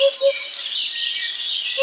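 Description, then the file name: Eurasian hoopoe giving short, low hollow hoots, two close together at the start and one more near the end, over a loud steady high-pitched hiss. "dudek"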